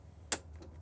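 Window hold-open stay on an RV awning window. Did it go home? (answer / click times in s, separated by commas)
yes / 0.3 s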